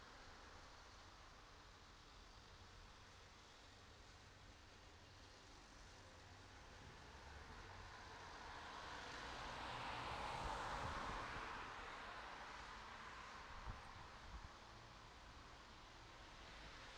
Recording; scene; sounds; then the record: everyday scene through a hearing-aid microphone; in traffic; traffic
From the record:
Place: city secondary road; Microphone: in the ear canal, right